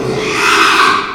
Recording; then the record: squeal of a Yucatan mini pig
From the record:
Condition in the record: after surgery on the right vocal fold (resection and tissue-engineered implant); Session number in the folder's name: 1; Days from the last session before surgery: 6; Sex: male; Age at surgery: 12 weeks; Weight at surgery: 13 kg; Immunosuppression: cyclosporine, prednisolone